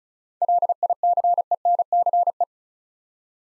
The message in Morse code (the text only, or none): LICENCE